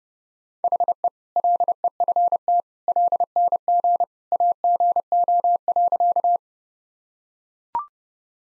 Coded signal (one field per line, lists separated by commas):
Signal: Morse code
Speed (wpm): 30 wpm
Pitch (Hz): 700 Hz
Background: none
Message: HE LEFT LNG AGO.